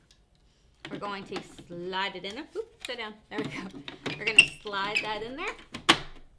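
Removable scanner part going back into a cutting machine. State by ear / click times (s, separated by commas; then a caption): seated / 5.9 s. After cleaning, the removable scanner cover/glass part is slid back into a Brother ScanNCut cutting machine while someone talks. A sharp click at 5.9 s shows the part has clicked back in and is seated.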